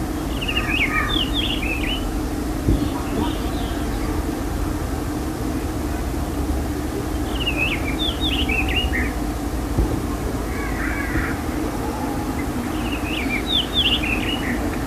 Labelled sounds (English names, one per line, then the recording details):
Black Wheatear song
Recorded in the wild
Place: El Chorro, ES
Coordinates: 36.9175, -4.68222
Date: 1971-04-01
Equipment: Uher Report 4200, AKG D190C in Doppel-Parabolreflektor
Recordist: Krey, Winfried